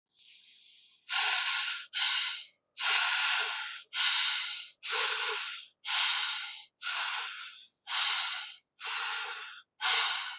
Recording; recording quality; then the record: shallow breathing; excellent, no background noise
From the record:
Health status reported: exposed to COVID-19, no respiratory illness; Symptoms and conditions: none ticked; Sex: male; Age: 30 years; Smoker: not ticked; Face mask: not worn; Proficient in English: yes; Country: India